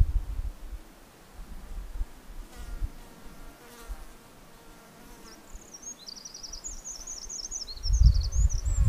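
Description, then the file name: Eurasian wren song: a high, rapid run of twittering trills arriving in the last few seconds, over gusty low wind rumble. "Troglodytes troglodytes"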